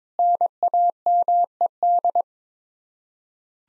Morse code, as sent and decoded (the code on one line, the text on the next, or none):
-. .- -- . -..
NAMED